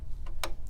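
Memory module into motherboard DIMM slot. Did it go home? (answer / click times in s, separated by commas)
yes / 0.4 s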